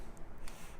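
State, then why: Seated. A threaded metal bobbin case is pushed into an embroidery machine's bobbin housing until it latches, seating with a click at 0.5 seconds. A faint tick comes just before it, and a low steady background runs throughout.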